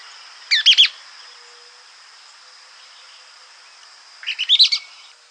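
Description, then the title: Mouse-colored tyrannulet song: a brisk cluster of three sharp, chattery notes, then after a pause a longer jumbled run of several notes, over a constant thin high hum. "LuckyPassaro Completos2Sama. Mouse-colored Tyrannulet (Phaeomyias murina)"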